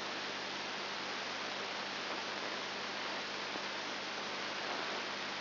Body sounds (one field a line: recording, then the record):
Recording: brain microelectrode recording played as sound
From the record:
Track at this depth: outside the subthalamic nucleus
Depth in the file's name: 5.7 mm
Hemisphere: left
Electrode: 2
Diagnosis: Parkinson's disease